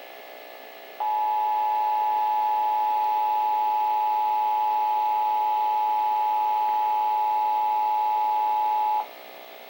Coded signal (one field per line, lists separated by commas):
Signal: Emergency Alert System (SAME) tones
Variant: 853 and 960 Hz attention tone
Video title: EAS - OTA Required Monthly Test 1/07/2026 (KOAC Ch7, Clark Regional Emergency Services Agency)